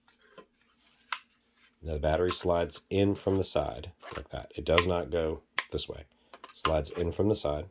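A plastic battery pack is slid in from the side into the brain unit of a VEX IQ Gen 2 Basebot robot while someone talks, with a few faint handling sounds and a sharp tick at 1.1 s. The clip ends before the pack goes home, so nothing has seated or clicked yet.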